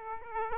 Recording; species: mosquito wingbeat signal from an infrared sensor; Aedes aegypti